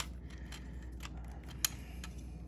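A plastic side plate is mounted onto a brick model's frame and squeezed into place, with faint rustling and small taps over a low steady hum. At 1.6 seconds it seats with one sharp plastic snap, and the last plate is in place.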